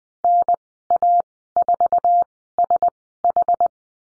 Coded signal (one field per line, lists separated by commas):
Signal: Morse code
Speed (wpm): 20 wpm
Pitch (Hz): 700 Hz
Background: none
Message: NA4SH